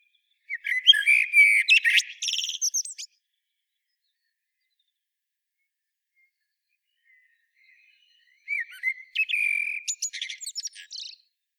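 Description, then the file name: Common blackbird song, two phrases several seconds apart, each of mellow whistles trailing into high, squeaky twitters, with silence between. "Turdus merula"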